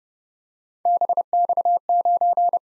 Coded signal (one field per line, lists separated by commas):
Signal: Morse code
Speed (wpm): 29 wpm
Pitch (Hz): 700 Hz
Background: none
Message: BX9